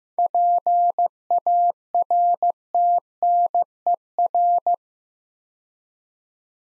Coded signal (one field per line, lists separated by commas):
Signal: Morse code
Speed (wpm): 15 wpm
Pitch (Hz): 700 Hz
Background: none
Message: PARTNER